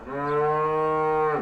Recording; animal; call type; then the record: contact call of a hoofed animal; cattle; low-frequency (closed-mouth) or high-frequency (open-mouth) call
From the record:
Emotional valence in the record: negative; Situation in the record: separation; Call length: 1.42 s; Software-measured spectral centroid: 1160 Hz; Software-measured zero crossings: 1380 a second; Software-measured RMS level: -24 dBFS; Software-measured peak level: -14 dBFS